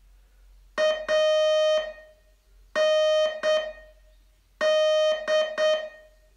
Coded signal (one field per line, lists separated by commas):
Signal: Morse code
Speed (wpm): 7 wpm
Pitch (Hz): 620 Hz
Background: music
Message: AND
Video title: Learn Morse in 42 Days from VU2LAU - day 34 test